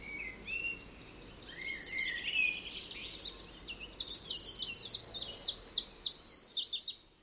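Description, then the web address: Eurasian blue tit churring: thin twitters and short trills lead to a loud buzzy rattle, then a run of separate sharp notes fading off. "Deverinetal 2025 File origin Bird Only Cy Ca"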